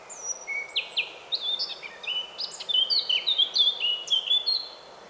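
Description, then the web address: Eurasian blackcap song, a run of bright whistled notes stepping up and down, with a steady background hiss throughout. "SETE Sylvia atricapilla"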